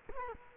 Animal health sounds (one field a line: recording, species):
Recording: mosquito wingbeat signal from an infrared sensor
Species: Culex quinquefasciatus